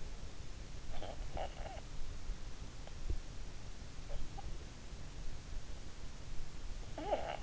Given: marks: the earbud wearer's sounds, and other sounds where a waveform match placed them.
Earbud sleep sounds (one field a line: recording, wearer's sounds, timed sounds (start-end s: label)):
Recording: sounds in sleep by an in-ear microphone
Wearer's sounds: snoring breath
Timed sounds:
0.84-1.88 s: snoring breath
6.89-7.43 s: snoring breath